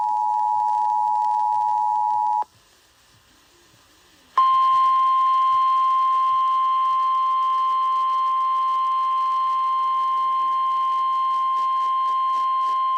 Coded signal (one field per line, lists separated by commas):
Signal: Emergency Alert System (SAME) tones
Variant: 853 and 960 Hz attention tone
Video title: EAS #2105 Severe Thunderstorm Warning on WZSR